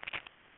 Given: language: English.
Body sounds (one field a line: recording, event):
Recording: throat vibration sensor signal played as sound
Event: swallow